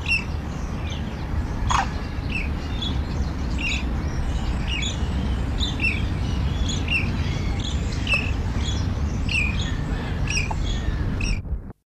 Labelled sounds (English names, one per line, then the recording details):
Demoiselle Crane call
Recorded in captivity
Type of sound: call
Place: Zoo Krefeld, DE
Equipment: Halbspur, 9,5 cm/s
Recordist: Lütgens, Hans
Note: 2 Halbwüchsige mit Altem, Krefeld 1985